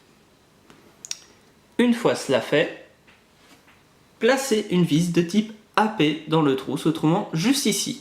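A plastic part of a DeLorean scale model is pushed into its holes in the car body, giving a quick pair of small clicks at about 1.1 s as it snaps home. Someone talks before and after, and the part is seated in place.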